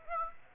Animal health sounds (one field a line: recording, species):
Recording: mosquito wingbeat signal from an infrared sensor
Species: Aedes aegypti